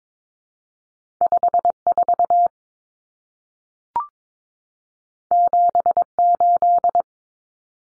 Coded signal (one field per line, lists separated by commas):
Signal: Morse code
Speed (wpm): 22 wpm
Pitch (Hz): 700 Hz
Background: none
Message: 54 78